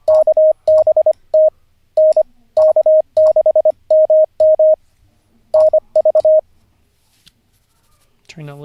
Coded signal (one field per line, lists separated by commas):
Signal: Morse code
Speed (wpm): 25 wpm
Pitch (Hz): 620 Hz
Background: none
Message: KBT N K6MM NV